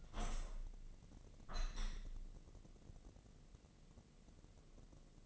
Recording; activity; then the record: daily activity, microphone in the room; open window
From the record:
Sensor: 4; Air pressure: 1013.2 hPa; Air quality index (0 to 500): 172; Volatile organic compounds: 2 ppm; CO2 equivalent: 1086 ppm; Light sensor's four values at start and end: 78/192/80/81 and 78/188/80/81